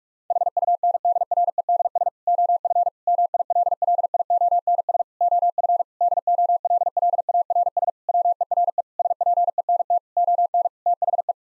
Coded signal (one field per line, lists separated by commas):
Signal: Morse code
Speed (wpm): 46 wpm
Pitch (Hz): 700 Hz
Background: none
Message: HUNDREDS OF MILLIONS OF DOLLARS WERE SPENT ON THE